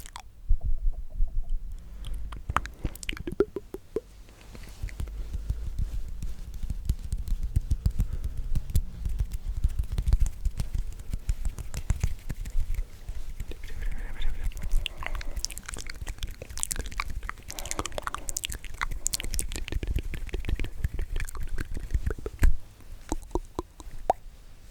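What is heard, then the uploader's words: Tingly mouth sounds: a dense run of wet clicks, smacks and squishy chewing-like pops that continues almost without pause for the whole stretch. The clicks are sharp and bright over a soft low rumble, briefly thinning near the start and again around 22 seconds. ASMR The MOST Tingly MOUTH Sounds.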